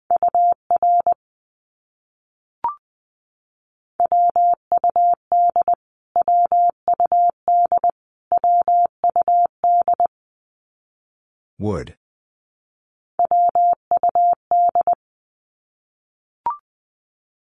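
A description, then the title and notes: Morse code beeps at a single steady mid pitch, sent in quick bursts of dots and dashes with short silent gaps between groups. Two brief clicks interrupt the pauses, and a short swooping sweep cuts in near the twelfth second. Abbreviations Repeated 3x - 20wpm. Morse code.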